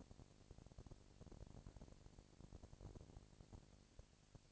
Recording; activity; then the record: daily activity, microphone in the room; no activity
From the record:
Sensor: 5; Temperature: 20.1 degrees Celsius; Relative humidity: 38.2%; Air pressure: 998.9 hPa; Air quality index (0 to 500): 218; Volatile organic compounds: 24 ppm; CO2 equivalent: 2805 ppm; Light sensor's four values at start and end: 2/3/1/1 and 2/3/1/1